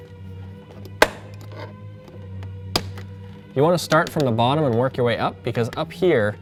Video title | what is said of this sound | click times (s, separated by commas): How to Replace Front Window Switches 07-12 Nissan Altima | pry up a little bit, and you'll hear it pop out. | 1.0 s, 2.8 s